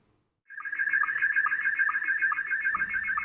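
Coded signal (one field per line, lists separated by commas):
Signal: SSTV (slow-scan television)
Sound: steady warbling high tone with short rhythmic lower blips, after brief silence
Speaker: And that's what the signal sounds like if you've never heard a SSTV signal being sent.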